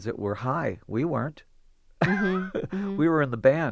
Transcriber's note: soundbite of laughter